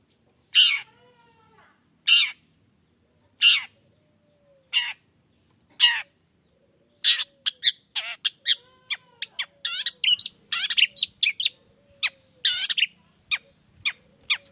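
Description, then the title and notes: Long-tailed shrike song opening with spaced single harsh notes, then speeding into quick, varied chattering and squeaky phrases. Persistently singing bird recorded in the morning, voice variations with 'toet toet' notes, used as a lure to make other shrikes of any kind reply quickly. "Cendet Gacor Dor Di Kala Pagi Toet Toet Variasi Suara. Cendet Gacor Efektif Pancingan Buat Cendet Jenis Apapun Agar Cepat Nyaut Buka Paruh. Burung cendet"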